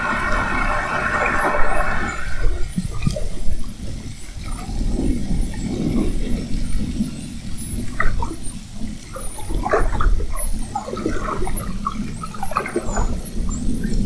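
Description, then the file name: Spinner dolphins giving many high looping and rising whistles over low underwater rumble, with a brief buzzy tone early. Whistles of spinner dolphins recorded at Fernando de Noronha. "Sons rotadores FN assovios"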